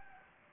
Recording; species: mosquito wingbeat signal from an infrared sensor; Anopheles gambiae